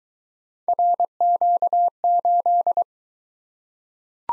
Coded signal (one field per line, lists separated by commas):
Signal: Morse code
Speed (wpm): 22 wpm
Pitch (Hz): 700 Hz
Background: none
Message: RQ8